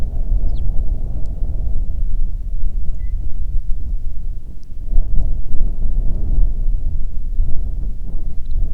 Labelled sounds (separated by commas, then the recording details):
songbird, wind
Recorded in the Arctic National Wildlife Refuge, Alaska, on 1 June 2019 at 16:09
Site 37